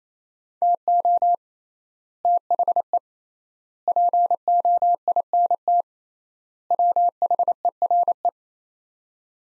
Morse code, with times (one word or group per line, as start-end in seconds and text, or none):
0.6-1.3 TO
2.3-3.0 THE
3.9-5.8 POINT
6.7-8.3 WHERE